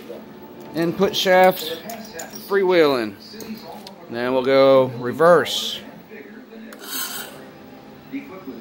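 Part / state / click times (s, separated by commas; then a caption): shift dog into reverse gear of RC buggy gearbox / seated / 6.7 s. With reverse selected by the servo, the input shaft of an RC buggy gearbox is turned slightly by hand until the shift dog engages reverse gear. Someone talks throughout, with faint rubbing and small clinks. The dog snaps into place with a sharp click at 6.7 s, seated.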